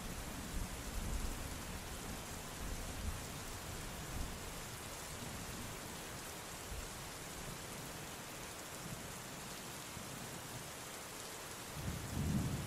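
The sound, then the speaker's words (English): Steady, hissing rain pours throughout, with low rolling rumbles of thunder swelling now and then beneath it and a stronger rumble building near the end. No voices. “The giant was disappearing into the storm.”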